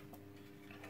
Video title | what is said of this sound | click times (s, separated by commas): Ремонт пылесоса Zelmer Aquawelt 1600 | Есть, щелкнула. Так. | 0.8 s